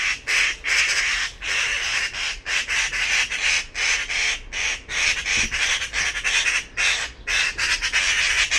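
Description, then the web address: Bird giving dense, harsh squawking calls in rapid bursts, broken by brief pauses. "cianscape birddata Deverinetal"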